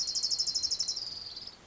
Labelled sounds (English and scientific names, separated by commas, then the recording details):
Orange-crowned Warbler (Leiothlypis celata)
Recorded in Sonoma County, California